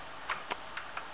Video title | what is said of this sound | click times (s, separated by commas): How to remove an XBOX 360 Disk Drive. | and once you hear the clicks you know it's undone you then you're going to want to lift up | 0.8 s, 1.0 s